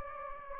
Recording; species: mosquito wingbeat signal from an infrared sensor; Anopheles gambiae